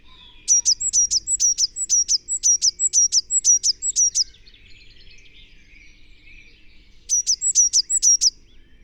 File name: Cyanistes caeruleus